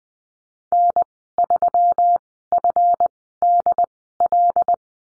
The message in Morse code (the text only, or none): N3FDL